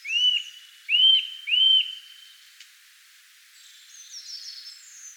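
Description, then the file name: Eurasian nuthatch call notes, three clear arched whistles in quick series, followed by faint high chattering. "Sitta europaea"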